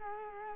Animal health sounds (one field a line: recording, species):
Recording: mosquito wingbeat signal from an infrared sensor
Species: Culex quinquefasciatus